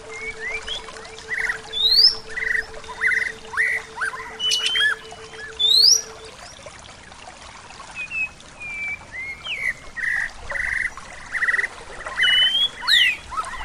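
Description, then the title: Bird calls: repeated squawky mid-pitched notes in rhythmic bursts, mixed with high rising whistles; a low steady hum stops about halfway through. "SuaraBurung Kicau"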